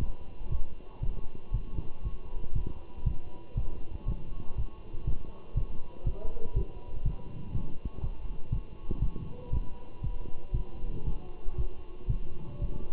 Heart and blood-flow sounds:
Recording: heart sounds by stethoscope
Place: between the tricuspid and mitral areas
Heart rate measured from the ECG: 119 bpm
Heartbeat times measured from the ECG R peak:
0.00 s: heartbeat
0.52 s: heartbeat
1.03 s: heartbeat
1.54 s: heartbeat
2.05 s: heartbeat
2.56 s: heartbeat
3.06 s: heartbeat
3.57 s: heartbeat
4.08 s: heartbeat
4.58 s: heartbeat
5.07 s: heartbeat
5.57 s: heartbeat
6.07 s: heartbeat
6.56 s: heartbeat
7.06 s: heartbeat
7.54 s: heartbeat
8.03 s: heartbeat
8.52 s: heartbeat
9.02 s: heartbeat
9.52 s: heartbeat
10.03 s: heartbeat
10.54 s: heartbeat
11.06 s: heartbeat
11.58 s: heartbeat
12.09 s: heartbeat
12.61 s: heartbeat
From the record:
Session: walking at 3.7 km/h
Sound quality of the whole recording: good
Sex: male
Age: 27 years

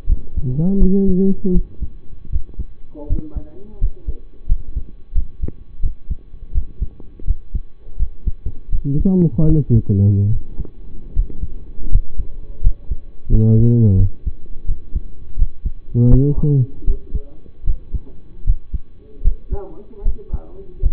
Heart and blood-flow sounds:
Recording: heart sounds by stethoscope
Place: between the tricuspid and mitral areas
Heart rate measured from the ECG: 81 bpm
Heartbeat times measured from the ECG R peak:
0.06 s: heartbeat
0.78 s: heartbeat
1.52 s: heartbeat
2.30 s: heartbeat
3.07 s: heartbeat
3.78 s: heartbeat
4.46 s: heartbeat
5.13 s: heartbeat
5.80 s: heartbeat
6.52 s: heartbeat
7.25 s: heartbeat
7.96 s: heartbeat
8.69 s: heartbeat
9.46 s: heartbeat
10.30 s: heartbeat
11.13 s: heartbeat
11.88 s: heartbeat
12.61 s: heartbeat
13.28 s: heartbeat
13.96 s: heartbeat
14.65 s: heartbeat
15.36 s: heartbeat
16.08 s: heartbeat
16.84 s: heartbeat
17.64 s: heartbeat
18.44 s: heartbeat
19.22 s: heartbeat
20.02 s: heartbeat
20.80 s: heartbeat
From the record:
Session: rest, lying down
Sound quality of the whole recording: partially saturated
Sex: male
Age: 25 years

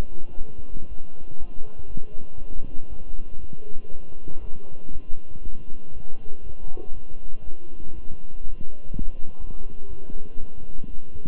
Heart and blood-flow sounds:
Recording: heart sounds by stethoscope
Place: between the tricuspid and mitral areas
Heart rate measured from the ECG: 120 bpm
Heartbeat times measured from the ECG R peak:
0.37 s: heartbeat
0.88 s: heartbeat
1.38 s: heartbeat
1.88 s: heartbeat
2.38 s: heartbeat
2.88 s: heartbeat
3.39 s: heartbeat
3.90 s: heartbeat
4.40 s: heartbeat
4.91 s: heartbeat
5.42 s: heartbeat
5.93 s: heartbeat
6.42 s: heartbeat
6.93 s: heartbeat
7.44 s: heartbeat
7.94 s: heartbeat
8.43 s: heartbeat
8.91 s: heartbeat
9.40 s: heartbeat
9.89 s: heartbeat
10.39 s: heartbeat
10.89 s: heartbeat
From the record:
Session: walking at 3.7 km/h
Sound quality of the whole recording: good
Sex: male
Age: 23 years

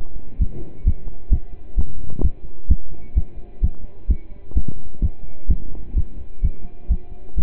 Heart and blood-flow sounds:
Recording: heart sounds by stethoscope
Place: between the tricuspid and mitral areas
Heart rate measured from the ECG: 129 bpm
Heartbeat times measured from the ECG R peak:
0.40 s: heartbeat
0.85 s: heartbeat
1.31 s: heartbeat
1.77 s: heartbeat
2.23 s: heartbeat
2.69 s: heartbeat
3.16 s: heartbeat
3.62 s: heartbeat
4.09 s: heartbeat
4.56 s: heartbeat
5.02 s: heartbeat
5.49 s: heartbeat
5.96 s: heartbeat
6.43 s: heartbeat
6.90 s: heartbeat
7.37 s: heartbeat
From the record:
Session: pedaling a stationary bicycle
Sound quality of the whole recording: partially saturated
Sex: male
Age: 27 years

